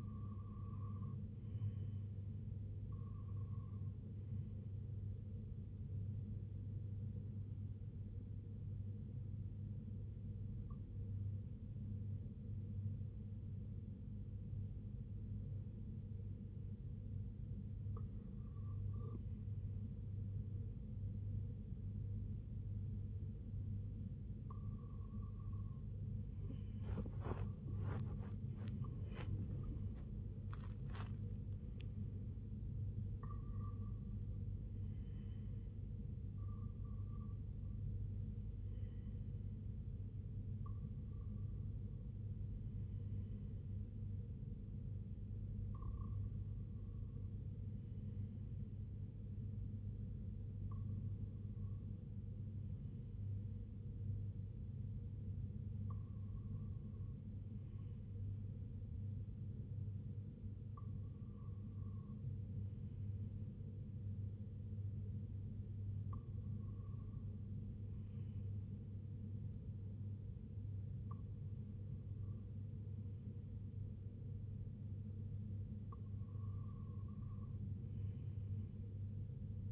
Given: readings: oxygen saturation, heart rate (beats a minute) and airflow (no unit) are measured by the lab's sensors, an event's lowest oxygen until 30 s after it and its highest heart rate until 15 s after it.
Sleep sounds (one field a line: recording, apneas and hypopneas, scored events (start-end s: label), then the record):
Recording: breathing in sleep by a smartphone at the bedside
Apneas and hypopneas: 1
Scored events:
9.00-29.10 s: hypopnea (REM, oxygen 95% highest, then 92% lowest, heart rate 71 at the start, 90 highest)
From the record:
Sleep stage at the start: REM sleep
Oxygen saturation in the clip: 91 to 96%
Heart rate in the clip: 67 to 90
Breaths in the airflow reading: 16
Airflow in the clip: -9.9 to 9.7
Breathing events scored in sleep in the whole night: 258 in 7.4 hours asleep